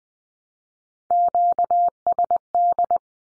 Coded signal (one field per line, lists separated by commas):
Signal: Morse code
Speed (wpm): 20 wpm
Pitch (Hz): 700 Hz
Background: none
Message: QSD